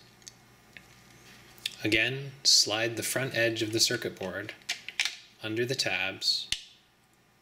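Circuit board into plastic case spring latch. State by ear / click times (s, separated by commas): not seated / none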